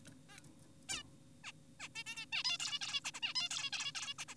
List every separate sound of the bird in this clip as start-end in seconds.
0.29-0.38, 0.89-1.03, 1.44-1.52, 1.80-1.88, 1.96-2.04, 2.06-2.26, 2.32-2.43, 2.44-2.58, 2.60-2.79, 2.81-3.01, 3.05-3.11, 3.14-3.20, 3.22-3.34, 3.36-3.49, 3.51-3.70, 3.73-3.92, 3.95-4.14, 4.19-4.25, 4.28-4.35